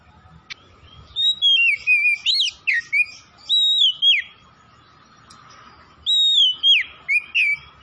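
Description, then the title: Oriental magpie-robin song of clear, slurred whistles rising and dropping, in lively phrases over a faint continuous hum. Tretes, singing vigorously (gacor). "Kacer Tretes"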